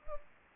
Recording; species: mosquito wingbeat signal from an infrared sensor; Culex pipiens